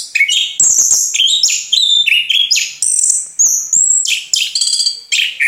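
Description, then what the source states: Orange-headed thrush singing an energetic jumble of squeaky whistles and scratchy trills, short phrases following each other in quick succession. Singing vigorously and continuously (gacor), local name anis kembang.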